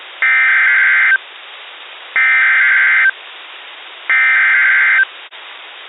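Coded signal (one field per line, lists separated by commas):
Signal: Emergency Alert System (SAME) tones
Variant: header bursts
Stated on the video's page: Real severe weather alerts received via SDR off a 500 W weather transmitter on West Peak, Meriden, Connecticut, 35.4 miles away.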